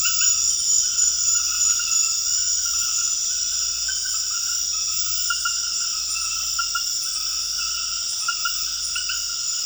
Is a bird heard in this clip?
no